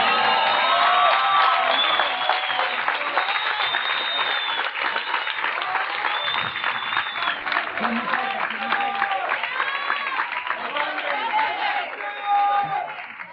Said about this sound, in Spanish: Así que un aplauso fuerte para todos los artistas que estuvieron en el Festival de la Quilla.